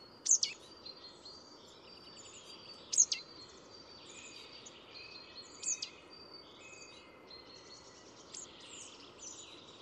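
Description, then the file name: Marsh tit calling, sharp high chirps about every two and a half seconds, with softer twittering between and a steady background hiss. "Poecile palustris"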